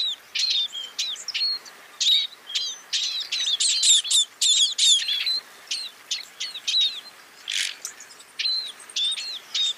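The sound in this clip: Scaly-breasted munia giving high, squeaky chips in loose runs, pausing briefly between bursts, over a faint hiss.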